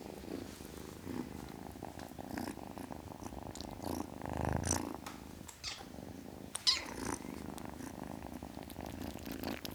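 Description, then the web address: Domestic cat purring, a soft continuous low rumble with gentle pulsing, interrupted by a few brief clicks and rustles. Ten-week-old kitten, purring. "BBC Sound Effects Library. Ten Week Old Kitten, Purring"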